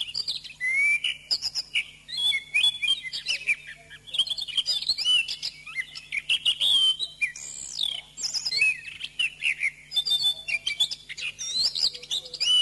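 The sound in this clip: Oriental magpie-robin singing a long varied medley of clear whistles, chirps and slurred notes, barely pausing, over a faint low electrical hum.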